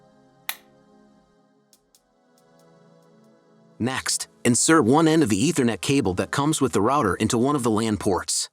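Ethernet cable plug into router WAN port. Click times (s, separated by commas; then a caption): 0.5 s. An ethernet (RJ45) cable plug from the broadband provider is pushed into the Internet (WAN) port of a TP-Link Archer A8 router and clicks into place with a sharp snap at 0.5 s, seated, over soft background music. A few faint ticks follow, and then someone talks.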